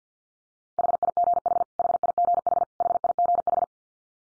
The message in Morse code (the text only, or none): HIGH HIGH HIGH